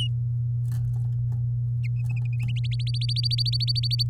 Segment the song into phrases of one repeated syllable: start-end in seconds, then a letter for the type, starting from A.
2.71-4.03 A